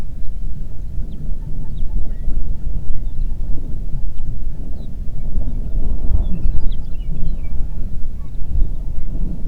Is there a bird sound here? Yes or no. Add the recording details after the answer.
yes. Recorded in the Prudhoe Bay oil fields, Alaska, on 8 June 2019 at 04:44. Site 30